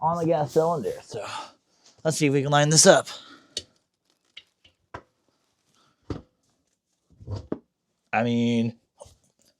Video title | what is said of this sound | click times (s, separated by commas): Elgato released a gaming chair, and I got one! Elgato Embrace unboxing and review! #elgato #shorts | it didn't click into place, but it's there. | none